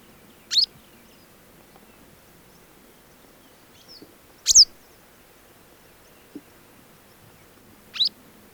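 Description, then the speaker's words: Western Yellow Wagtail song: three brief, high, squeaky notes, spaced about three to four seconds apart, with faint background noise. Field recording, Finland; the voice does not rise into musical phrases, though the bird can burst into a more flowing song than the one heard here. "Keltavästäräkin ääni ei pulpahda musikaalisiksi säkeiksi, vaikka se voi intoutua vuolaampaankin lauluun"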